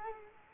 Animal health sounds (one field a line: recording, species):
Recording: mosquito wingbeat signal from an infrared sensor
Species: Culex quinquefasciatus